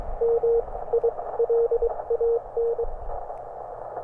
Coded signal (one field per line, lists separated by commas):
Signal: Morse code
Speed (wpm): 23 wpm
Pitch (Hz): 470 Hz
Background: radio noise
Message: MILAN